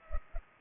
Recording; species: mosquito wingbeat signal from an infrared sensor; Culex pipiens